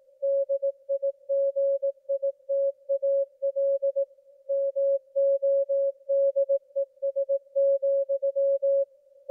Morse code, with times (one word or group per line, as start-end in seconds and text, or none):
0.2-4.0 DIGITAL
4.5-8.8 MODES,